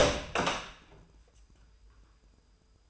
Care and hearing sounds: daily activity, microphone in the room; open door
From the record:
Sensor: 2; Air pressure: 996.0 hPa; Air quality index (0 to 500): 42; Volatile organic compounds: 1 ppm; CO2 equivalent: 753 ppm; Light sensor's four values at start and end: 11/27/11/12 and 12/27/12/12

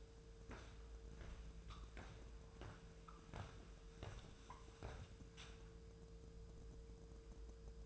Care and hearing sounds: daily activity, microphone in the room; walk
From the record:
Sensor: 2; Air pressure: 1005.3 hPa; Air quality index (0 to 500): 100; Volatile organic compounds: 2 ppm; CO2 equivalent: 1210 ppm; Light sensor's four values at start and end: 8/20/8/8 and 7/17/7/7

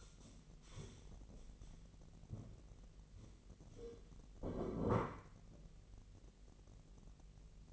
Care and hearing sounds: daily activity, microphone in the room; stand up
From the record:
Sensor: 4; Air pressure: 1002.4 hPa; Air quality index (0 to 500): 248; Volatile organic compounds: 38 ppm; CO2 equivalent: 3121 ppm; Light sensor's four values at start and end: 11/25/10/10 and 11/25/10/10

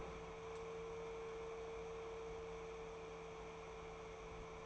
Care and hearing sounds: daily activity, microphone in the room; open fridge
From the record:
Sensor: 1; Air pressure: 1015.0 hPa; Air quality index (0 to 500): 194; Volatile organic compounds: 22 ppm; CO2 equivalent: 2743 ppm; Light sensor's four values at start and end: 31/77/33/40 and 31/77/33/39

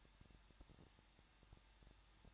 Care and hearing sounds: daily activity, microphone in the room; no activity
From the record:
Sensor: 3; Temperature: 21.2 degrees Celsius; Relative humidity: 36.3%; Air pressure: 1006.3 hPa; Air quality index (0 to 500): 222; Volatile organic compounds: 41 ppm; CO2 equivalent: 3165 ppm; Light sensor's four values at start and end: 2/3/2/2 and 2/3/2/2

